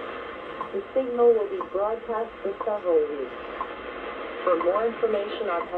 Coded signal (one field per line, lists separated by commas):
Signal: radio time signal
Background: speech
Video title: 25000 kHz WWV 2 hours after sunset promises some great propagation this winter!